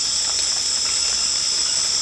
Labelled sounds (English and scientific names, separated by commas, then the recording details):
none
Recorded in secondary vegetation near Puerto Asís, Putumayo, Colombia, on 19 March 2025 at 23:30
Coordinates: 0.485, -76.322
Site G040